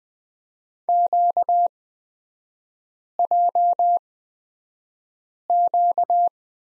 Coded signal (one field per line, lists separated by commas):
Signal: Morse code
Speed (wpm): 20 wpm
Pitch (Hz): 700 Hz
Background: none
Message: QJQ